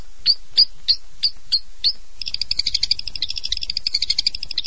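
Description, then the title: Long-tailed shrike song with six sharp, high notes spaced evenly, then a continuous fast, buzzy, trilling chatter. "Kicau Burung Pentet"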